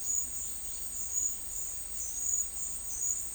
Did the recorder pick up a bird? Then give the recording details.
no. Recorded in secondary vegetation near Puerto Asís, Putumayo, Colombia, on 19 March 2025 at 11:00. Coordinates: 0.499, -76.323. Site G094